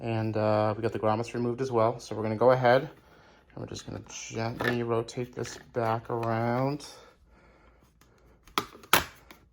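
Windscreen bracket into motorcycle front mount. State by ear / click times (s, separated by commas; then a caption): seated / 8.6 s, 8.9 s. Someone talks while the windscreen bracket assembly on the front of a Ducati Diavel 1260, fitted with an OEM windscreen, its two brackets secured and grommets removed, is gently rotated back around into its mount. Two sharp snaps ring out at 8.6 s and 8.9 s as the bracket clicks into place, confirming it is seated.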